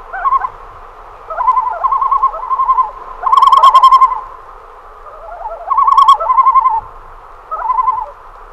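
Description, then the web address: Common loon tremolo calls, loud laughing quavering bursts repeated in phrases with brief gaps. "great northern loon"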